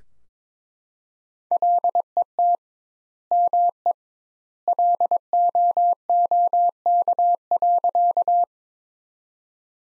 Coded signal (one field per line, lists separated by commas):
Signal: Morse code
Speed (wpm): 21 wpm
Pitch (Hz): 700 Hz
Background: none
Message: LET ME LOOK.